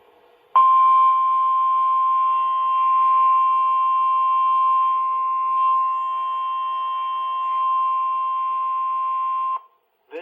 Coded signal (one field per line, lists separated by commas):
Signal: Emergency Alert System (SAME) tones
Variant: 1050 Hz attention tone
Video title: WXK26 Required Weekly Test (EAS #121)